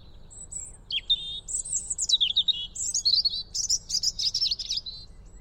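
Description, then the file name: European robin song: one long phrase starting with a thin high note, then rapid sliding warbles and a fast twittering trill. "Erithacus rubecula"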